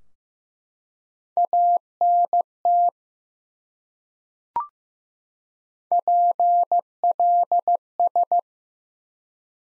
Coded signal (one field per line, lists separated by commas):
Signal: Morse code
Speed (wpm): 15 wpm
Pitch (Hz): 700 Hz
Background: none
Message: ANT PLS